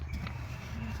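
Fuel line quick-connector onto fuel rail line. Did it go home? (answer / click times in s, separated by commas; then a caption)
yes / 0.3 s. A fuel line quick-connect fitting is pushed back onto its metal line at the fuel rail on the intake of a 1999 to 2006 GM engine, during a knock sensor and intake gasket swap. A short, sharp click at 0.3 s rises above a steady low rumble as the connector clips on and seats.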